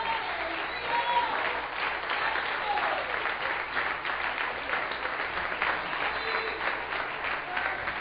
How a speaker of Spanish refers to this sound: Dale un aplauso a Cristo, que Él se lo merece.